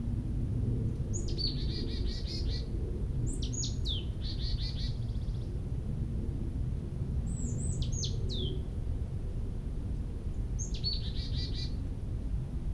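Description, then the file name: Marsh Tit calls: high sharp notes, most followed by a buzzy series, given several times with irregular pauses, over a low steady rumble. "Poecile palustris"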